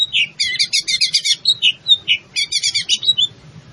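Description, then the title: Greater green leafbird song: fast high chattering phrases alternate with clear whistled slurs, running almost without pause for about three seconds. In full song, described by the Indonesian term gacor. "Cucak Ijo Gacor"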